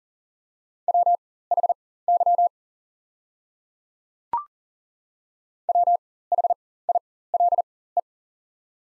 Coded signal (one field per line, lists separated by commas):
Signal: Morse code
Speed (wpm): 38 wpm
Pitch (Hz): 700 Hz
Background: none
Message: WHY WHILE